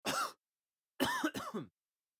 Male Cough.